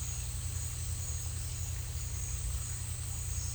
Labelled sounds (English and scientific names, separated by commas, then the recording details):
none
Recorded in dense forest near Puerto Asís, Putumayo, Colombia, on 18 December 2024 at 13:30
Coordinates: 0.467, -76.328
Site GP05